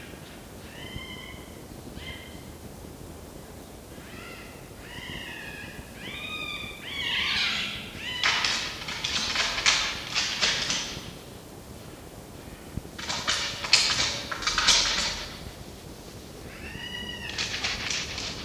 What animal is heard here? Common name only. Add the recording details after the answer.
Red Fox. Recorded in captivity. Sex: female. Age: juvenile. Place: Zoologisches Institut der HUB, Berlin, DE. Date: 1953-04-10 12:25. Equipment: Elmetra. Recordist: Tembrock, Günter. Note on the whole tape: Fiffi-Welpe Nr. 2 auf dem Tisch: Quärren mit betontem Endlaut (Fiffi scharrt darauf an der Tür)